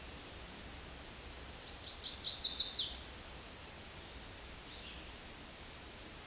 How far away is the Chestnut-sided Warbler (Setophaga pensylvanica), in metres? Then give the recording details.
about 10 m. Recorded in a Pennsylvania forest on 17 May 2023 at 13:53. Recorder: AudioMoth, point grid1_6_low. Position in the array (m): 189 m, 42 m